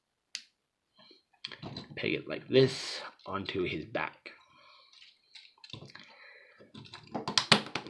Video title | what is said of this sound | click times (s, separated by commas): Transformers Netflix earthrise Optimus Prime with enerax and sheeldron | just take it fold it back up till it clicks | 0.4 s